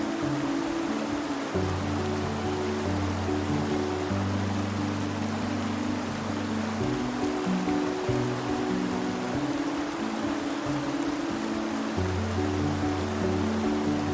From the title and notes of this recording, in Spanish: Relájese y descanse con los sonidos relajantes de un arroyo cascada, acompañados de música relajante que promueve un sueño profundo y la relajación.